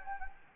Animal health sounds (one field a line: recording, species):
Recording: mosquito wingbeat signal from an infrared sensor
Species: Anopheles gambiae